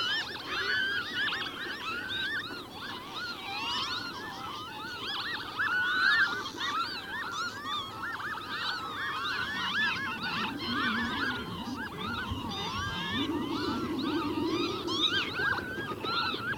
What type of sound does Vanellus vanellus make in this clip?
call